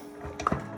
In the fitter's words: Oh, there it is, yeah. 3rd click.